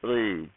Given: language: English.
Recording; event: throat vibration sensor signal played as sound; speech